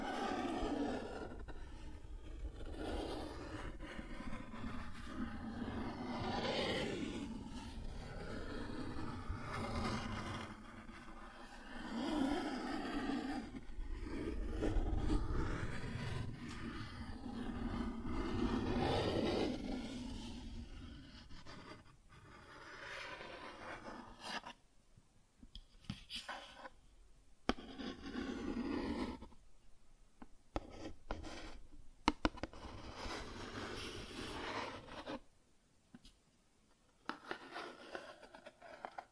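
Cardboard is scratched and traced in a continuous rough rubbing for about twenty-four seconds, then broken scrapes and sharp tearing bursts separated by pauses.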